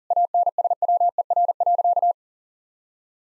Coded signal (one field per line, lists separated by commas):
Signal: Morse code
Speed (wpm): 40 wpm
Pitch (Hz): 700 Hz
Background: none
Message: ANSWER.